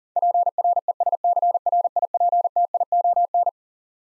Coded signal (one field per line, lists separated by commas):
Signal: Morse code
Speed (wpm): 42 wpm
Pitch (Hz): 700 Hz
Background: none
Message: PRESCRIPTION